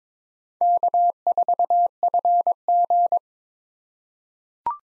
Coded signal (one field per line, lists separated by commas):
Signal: Morse code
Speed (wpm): 22 wpm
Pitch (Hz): 700 Hz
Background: none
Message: K4FG